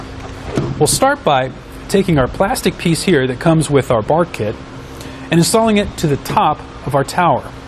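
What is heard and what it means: Someone talks while a plastic piece from the bar kit is handled for installation onto the top of a Yakima roof rack tower on a 2016 Honda Pilot, over a steady low hum. Nothing has snapped into place or clicked yet; the clip ends before the part seats.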